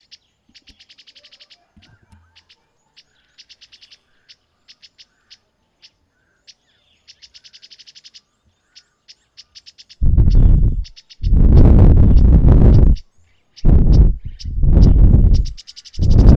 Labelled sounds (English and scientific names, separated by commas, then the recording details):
Speckle-fronted Weaver (Sporopipes frontalis)
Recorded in northern Uganda